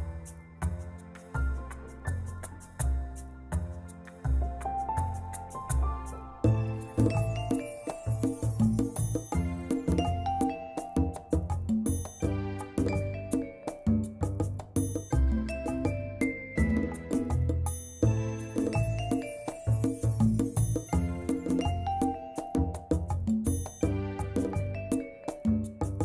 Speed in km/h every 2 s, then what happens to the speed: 89, 94, 97, 101, 103, 106, 109, 110, 113, 114, 116, 118, 119.
0-26 speeds up to 119.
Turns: none.